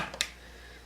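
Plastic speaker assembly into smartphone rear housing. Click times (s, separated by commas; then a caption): 0.2 s. A plastic loudspeaker assembly is set into the rear housing of an LG G3 smartphone and snaps into place. A single sharp snap is heard at 0.2 s, after a faint earlier tap near 0.1 s. The assembly is seated.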